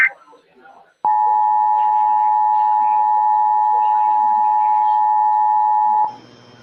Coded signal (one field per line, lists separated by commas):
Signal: Emergency Alert System (SAME) tones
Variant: 853 and 960 Hz attention tone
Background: speech